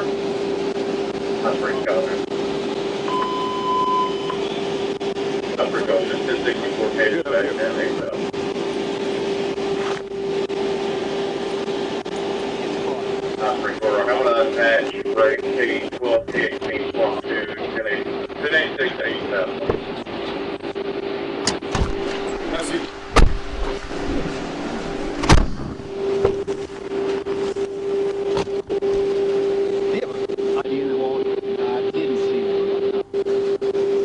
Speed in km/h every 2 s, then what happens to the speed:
0, 0, 0, 0, 0, 0, 0, 0, 0, 0, 0, 0, 0, 0, 0, 0, 0.
0-34 standing.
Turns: none.